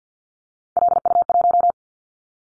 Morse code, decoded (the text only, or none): LU1